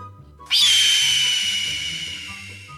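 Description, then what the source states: Red-tailed Hawk scream: one long, hoarse, high screech that starts abruptly, slides slightly downward and slowly fades over about two seconds. Call often dubbed over bald eagles flying overhead in movies and on TV.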